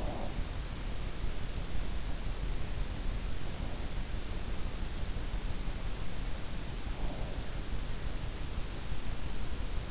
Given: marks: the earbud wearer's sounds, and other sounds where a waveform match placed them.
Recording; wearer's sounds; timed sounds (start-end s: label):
sounds in sleep by an in-ear microphone; breath
0.00-0.71 s: breath